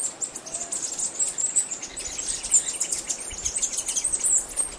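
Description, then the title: Bird song: dense, very high-pitched twittering and chirping notes running continuously throughout over a soft background hiss. "LuckyPassaro Completos2Sama"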